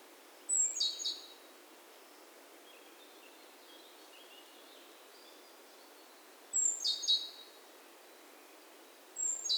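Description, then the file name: Great tit with three short bursts of high, buzzy chattering call notes separated by long quiet gaps over faint hiss. "Parus major"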